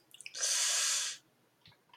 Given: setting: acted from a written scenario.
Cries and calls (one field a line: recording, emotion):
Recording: vocal sound without words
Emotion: desire